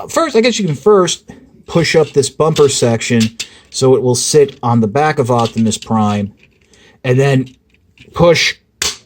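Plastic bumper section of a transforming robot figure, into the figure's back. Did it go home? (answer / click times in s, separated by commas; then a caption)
yes / 8.8 s. Someone talks while transforming a Transformers Siege Galaxy Upgrade Optimus Prime figure, pushing the plastic bumper section up to sit on the back of the robot and then pushing it back into the figure's back. At 8.8 s a short, sharp snap is heard as the bumper section locks into place.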